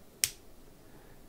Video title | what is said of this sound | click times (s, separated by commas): Fountain Pen Review: Platinum Balance | very responsive very nice that's fine click there | 0.2 s